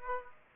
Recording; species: mosquito wingbeat signal from an infrared sensor; Aedes aegypti